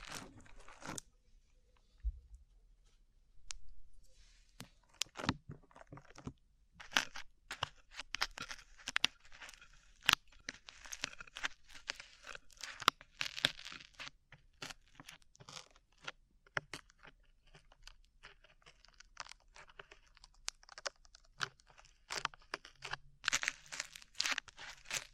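Sticky slime being squeezed and pulled apart, giving a stream of wet crackles, pops and crinkly snaps. After a quieter opening few seconds the clicks come thick and irregular, bright and crisp, with denser bursts around ten, thirteen and twenty-three seconds.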